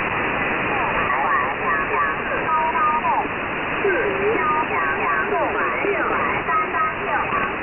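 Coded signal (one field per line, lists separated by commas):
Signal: numbers station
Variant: VC01 Chinese Robot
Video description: The Chinese oddity station VC01, also called the "Chinese Robot" has been around for many years.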